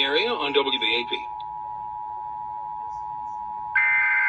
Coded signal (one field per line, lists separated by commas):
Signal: Emergency Alert System (SAME) tones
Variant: 853 and 960 Hz attention tone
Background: speech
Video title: Flash Flood Warning on WBAP-AM/WBAP-FM (EAS #615-616)